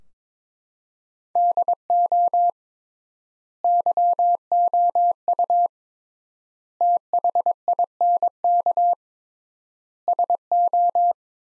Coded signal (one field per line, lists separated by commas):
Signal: Morse code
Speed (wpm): 22 wpm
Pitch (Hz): 700 Hz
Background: none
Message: DO YOU THINK SO